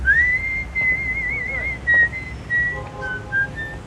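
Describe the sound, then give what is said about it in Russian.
A smiling woman whistles a song, a clear high sustained melody with a few pitch changes, then shorter whistled notes toward the end, over a low background hum. “улыбается, насвистывает песню.”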